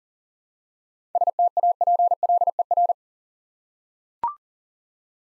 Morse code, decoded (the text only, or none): STAPLER